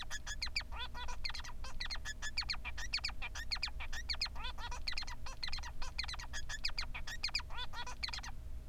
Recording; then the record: song of a male Bengalese finch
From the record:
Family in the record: son of father 3